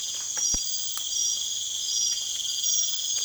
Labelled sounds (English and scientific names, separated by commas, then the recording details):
none
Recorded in secondary vegetation near Puerto Asís, Putumayo, Colombia, on 27 June 2025
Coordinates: 0.488, -76.319
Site G094